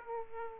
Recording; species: mosquito wingbeat signal from an infrared sensor; Aedes aegypti